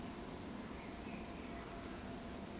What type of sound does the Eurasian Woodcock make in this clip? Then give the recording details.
whistle. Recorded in Baden-Württemberg, Germany, on 15 June 2020 at 19:28 UTC. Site 14569, 102 m above sea level